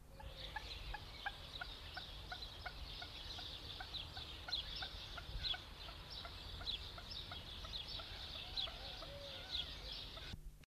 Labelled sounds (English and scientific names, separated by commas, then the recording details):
Common Moorhen (Gallinula chloropus) call
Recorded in captivity
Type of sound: call
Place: Zoo Hannover, Niedersachsen, DE
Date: 1972-06-14
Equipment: Halbspur, 9,5 cm/s
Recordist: Lütgens, Hans
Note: Teichhuhn lockt kleine Junge